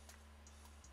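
A small plastic detail piece is handled over another small piece in the rear interior of a snap-together Back to the Future time machine model car kit. A few faint light ticks come near 0.1, 0.5 and 0.8 s over a steady low hum. Nothing has seated or clicked into place yet.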